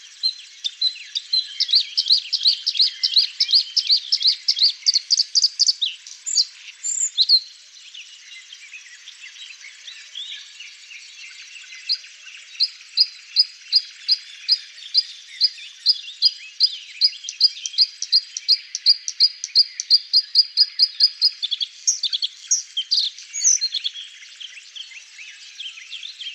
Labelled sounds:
Bluethroat song

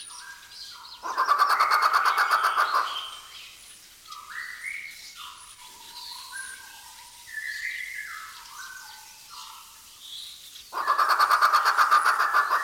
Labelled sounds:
Grey Peacock-Pheasant

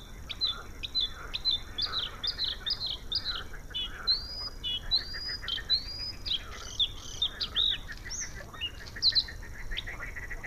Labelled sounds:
Bluethroat song

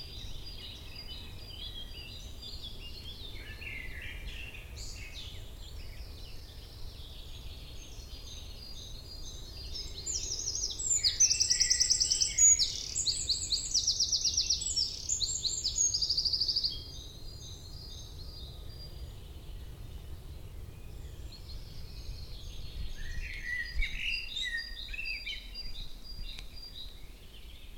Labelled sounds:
Eurasian Wren

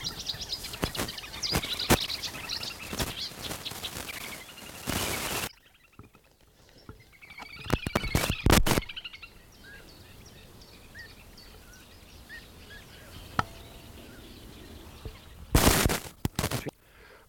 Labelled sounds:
Eurasian Reed Warbler

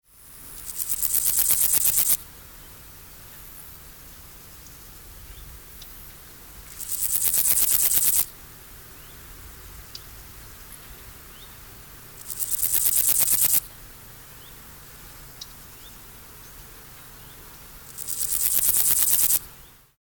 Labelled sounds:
Meadow Grasshopper

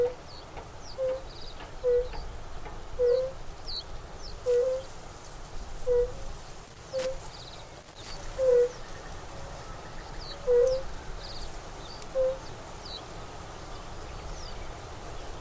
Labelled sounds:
Fire-Bellied Toad call

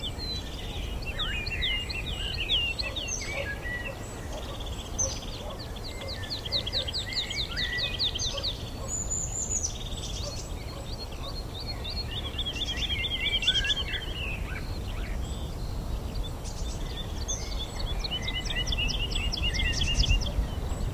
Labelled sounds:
Wood Lark flight song

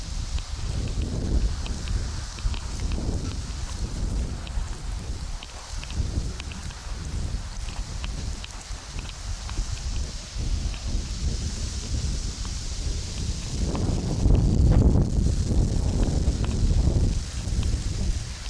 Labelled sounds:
Red Deer rut call

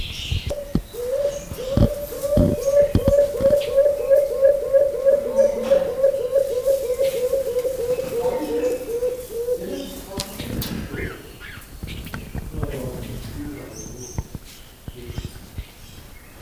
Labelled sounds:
Beautiful Fruit Dove

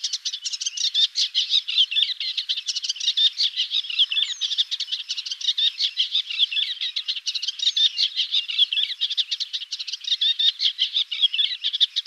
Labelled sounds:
Eastern Olivaceous Warbler song

